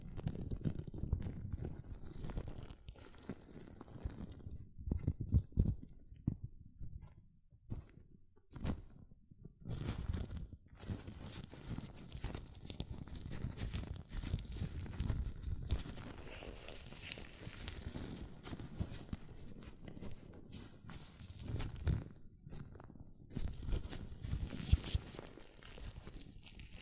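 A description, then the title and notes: Latex gloves rubbed and handled, giving a busy run of soft squeaks, crinkles and snapping rustles. The sounds come in irregular bursts with brief quiet gaps around 8 and 10 seconds, mostly low and muffled with brighter crackles mixed in throughout. ASMR Latex Gloves Hand Sounds (No Talking).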